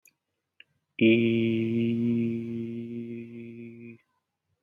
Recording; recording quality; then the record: sustained vowel as in beet; excellent, no background noise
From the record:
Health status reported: healthy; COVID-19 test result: not tested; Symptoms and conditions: none ticked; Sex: male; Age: 25 years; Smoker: yes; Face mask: not worn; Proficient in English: yes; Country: India